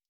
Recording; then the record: hydrophone in a shrimp aquaculture tank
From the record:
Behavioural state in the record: stressed